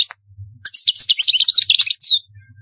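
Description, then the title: European goldfinch song, a fast run of bright chirps and twittering phrases lasting about a second and a half, over a soft low hum. "Chant Chardonneret"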